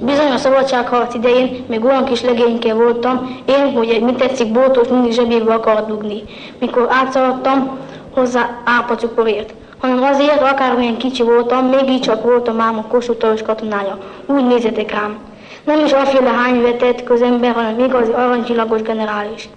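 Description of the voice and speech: An adult woman reads a Hungarian story aloud at a fast, pressured pace with very few pauses. Syllables run together and some sounds are dropped or telescoped. This is cluttering, a fluency disorder related to stuttering.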